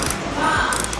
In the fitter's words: Then switch to the ratchet stop, closing the micrometer jaws on it until you hear 2 or 3 clicks, like this.